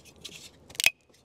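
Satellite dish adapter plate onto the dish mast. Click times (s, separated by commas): 0.9 s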